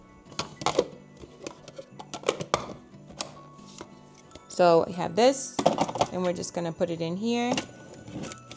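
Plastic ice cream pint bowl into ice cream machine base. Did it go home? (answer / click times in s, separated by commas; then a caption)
no / none. A frozen ice cream pint, fresh from the freezer with water run around its edge to loosen it, is handled in its outer plastic bowl toward the base of a Ninja Creami ice cream machine. Short plastic knocks and taps are heard around 0.4, 0.7, 2.3, 2.5 and 3.2 seconds while someone talks and music plays. Nothing has seated or clicked into place yet.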